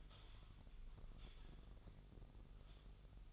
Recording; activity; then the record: daily activity, microphone in the room; typing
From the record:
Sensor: 4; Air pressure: 989.6 hPa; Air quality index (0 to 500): 226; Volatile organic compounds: 87 ppm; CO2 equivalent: 3660 ppm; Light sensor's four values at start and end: 26/91/33/35 and 26/91/33/35